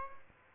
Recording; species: mosquito wingbeat signal from an infrared sensor; Aedes albopictus